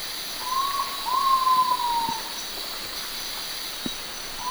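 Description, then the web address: Great pitta whistling a short note and a drawn-out sliding note, the pair starting again at the end, set against continuous shrill insect noise. Recorded in Indonesia. "ULM-DS-Lab indonesian-bird-sounds. Pitta maxima"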